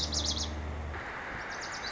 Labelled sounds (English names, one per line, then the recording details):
Lazuli Bunting
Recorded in Sonoma County, California